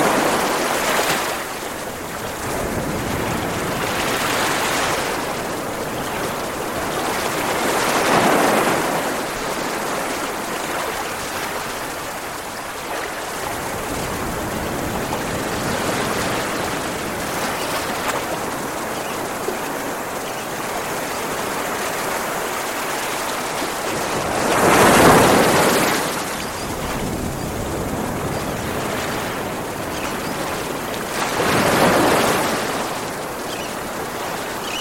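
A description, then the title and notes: Gentle sea waves wash in a steady, rushing hiss that never fully drops away. Brighter swells rise and fall every few seconds, with the strongest surges around the 8, 25 and 32 second marks, and a soft low rumble underneath throughout. The Gentle Sounds of the Sea.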